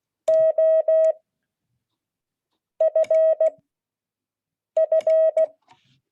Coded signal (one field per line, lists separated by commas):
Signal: Morse code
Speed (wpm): 16 wpm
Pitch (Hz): 640 Hz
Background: none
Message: OFF